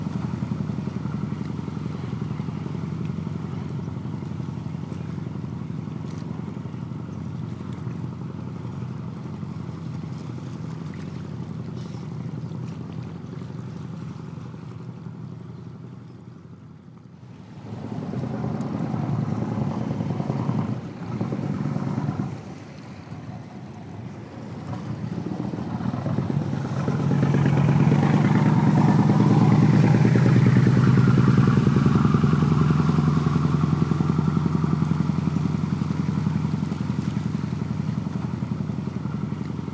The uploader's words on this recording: Slow Moving Boat.